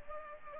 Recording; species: mosquito wingbeat signal from an infrared sensor; Culex pipiens